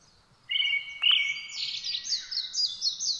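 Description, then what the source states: Brown-headed thrush song: two clear whistled notes, the second louder, then a trailing high, squeaky twitter. Recorded 17 June 2009 at 06:48 in the morning.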